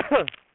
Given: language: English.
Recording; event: throat vibration sensor signal played as sound; cough